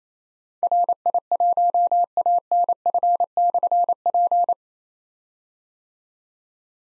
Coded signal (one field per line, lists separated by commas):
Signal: Morse code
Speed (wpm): 29 wpm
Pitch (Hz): 700 Hz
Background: none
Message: RI1ANF/P